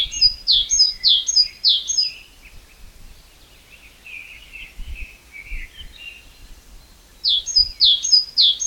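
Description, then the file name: Great tit song with a fast burst of repeated sharp two-note phrases, a stretch of quieter twittering, then the same ringing phrases again at the close. "Parus major"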